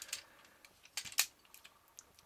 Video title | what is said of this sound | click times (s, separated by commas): Transformers G1 - Roadbuster | we can lock this into place there's two little tabs right here I can just plug right into there so | 1.0 s, 1.2 s